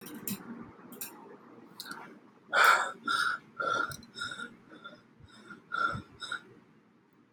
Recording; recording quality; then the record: shallow breathing; moderate, slight background noise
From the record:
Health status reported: healthy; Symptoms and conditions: chronic lung disease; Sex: male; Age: 26 years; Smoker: not ticked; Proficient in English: yes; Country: India